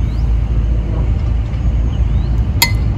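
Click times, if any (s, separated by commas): 2.6 s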